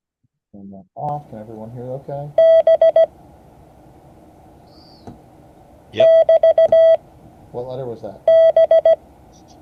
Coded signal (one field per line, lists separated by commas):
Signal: Morse code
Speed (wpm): 17 wpm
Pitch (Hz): 650 Hz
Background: speech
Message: B <BT>B